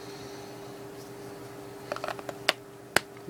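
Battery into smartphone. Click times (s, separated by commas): 2.5 s, 3.0 s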